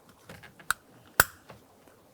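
On a 2006–2012 Ford Fusion, the small red plastic position lock on the harness plug of a new combination switch is pushed closed. Two sharp snaps are heard at 0.7 s and 1.2 s, the second the loudest, among faint handling noise. The plug is then tugged to check that it is secure, and the lock is seated.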